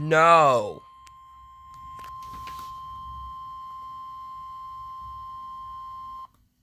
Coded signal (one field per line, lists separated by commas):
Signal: Emergency Alert System (SAME) tones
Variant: 1050 Hz attention tone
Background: speech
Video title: EAS Severe Thunderstorm Warning for Volusia County!